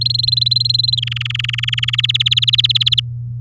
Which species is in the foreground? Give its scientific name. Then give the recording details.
Serinus canaria. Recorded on 7 May 2018 at 11:05. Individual llb16